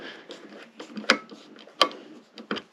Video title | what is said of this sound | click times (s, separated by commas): craftsman torque screwdriver set in versastack case | the slipping on this so that's what that's like the little click that you heard | 1.1 s, 1.8 s